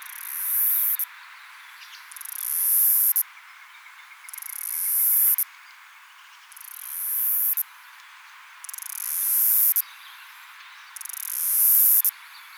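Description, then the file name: Cicada song: six short, very high-pitched buzzes, each rising in loudness and ending crisply, evenly repeated about every two seconds. Recorded at Yarraman. "Myopsalta umbra Yarraman"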